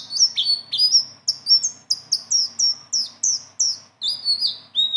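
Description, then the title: Leafbird song of high, down-slurred whistles repeated rapidly, bright and sweet throughout. Singing actively with a rolling song and varied fill-ins. "BURUNG SELENDANG BIRU GACOR NGEROLL ISIAN"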